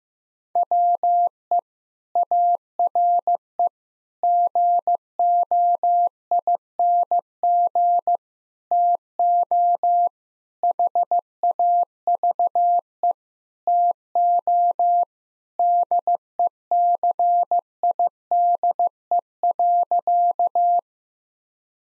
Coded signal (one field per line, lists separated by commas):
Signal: Morse code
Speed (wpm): 15 wpm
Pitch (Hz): 700 Hz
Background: none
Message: WE ARE GOING TO HAVE TO DECIDE.